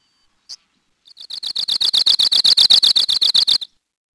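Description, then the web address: Arctic warbler with one sharp high call note, then a fast, dry, buzzy trill of evenly repeated notes, gathering strength over about two and a half seconds. "Peterson North American Birds"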